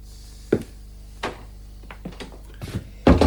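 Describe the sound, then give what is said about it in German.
A door is shut: a few soft scattered knocks and shuffles lead up to a louder, solid thud at the end, with no one speaking. “und mach die Tür zu.”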